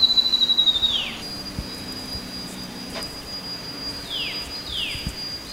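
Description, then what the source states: Grey-throated babbler calls: a fast high trill sliding downward, then a few thin descending notes, over a steady high insect whine and faint low hum. Recorded 13 August 2009.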